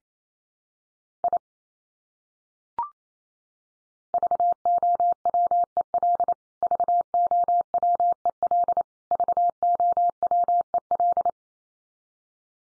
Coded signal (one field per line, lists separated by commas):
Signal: Morse code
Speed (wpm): 28 wpm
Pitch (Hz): 700 Hz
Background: none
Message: I VOWEL VOWEL VOWEL